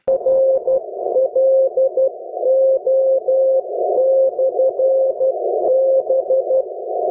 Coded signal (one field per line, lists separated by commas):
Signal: Morse code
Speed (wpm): 12 wpm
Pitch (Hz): 530 Hz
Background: none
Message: RLO/B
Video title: LICW Haptic CW Decoder--Feel the Code!